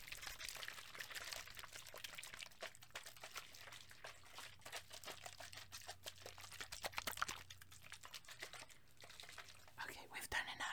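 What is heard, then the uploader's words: Foamy liquid is shaken, giving a dense, fizzing wash of bright sloshing and crackling that runs for the whole span. Quick splashy bursts repeat irregularly over a faint low hum, and the sound grows sharper and more clattering near the end. ASMR Liquid Shaking Heaven. Foamy liquid sounds.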